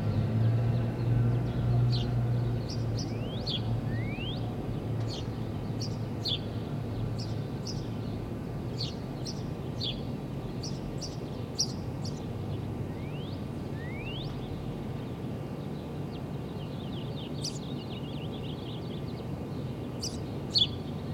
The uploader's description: Rooftop Brooklyn, NY - Bushwick